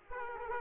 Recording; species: mosquito wingbeat signal from an infrared sensor; Aedes aegypti